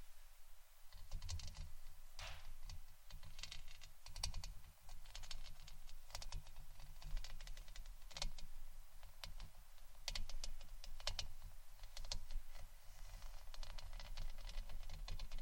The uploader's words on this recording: ASMR Scratching & Brushing Blue Yeti Mic （No Talking）.